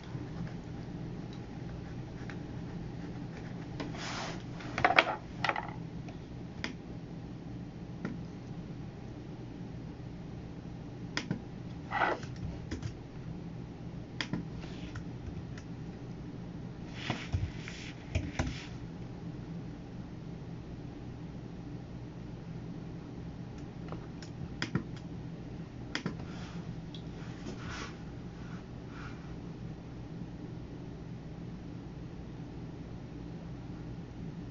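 Sounds of someone working at a computer: a steady low hum runs throughout, with scattered clicks and short taps. Brief bursts of sharper clatter come around 4–5, 12, 17–18 and 26–28 seconds, with quieter pauses between them.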